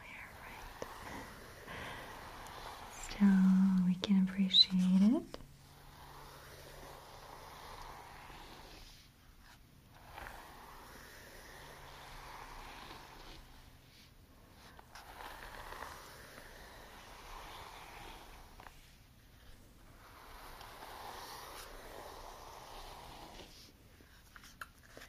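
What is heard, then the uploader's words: Soft strokes of hair being brushed come in repeated passes, each lasting a few seconds with short pauses between. Around three to five seconds a louder low hum or murmur briefly stands out. Faint quiet fills the gaps. Sounds and visuals of silky hair being brushed and pinned up with beautiful hair accessories. Gentle hand movements.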